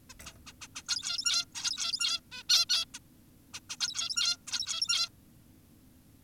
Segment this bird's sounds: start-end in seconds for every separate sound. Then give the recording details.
0.10-0.14, 0.26-0.33, 0.47-0.53, 0.62-0.68, 0.76-0.83, 0.89-1.45, 1.56-2.20, 2.32-2.43, 2.50-2.66, 2.70-2.85, 2.94-2.99, 3.54-3.60, 3.70-3.76, 3.80-4.37, 4.48-5.09. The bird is an adult. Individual g17y2U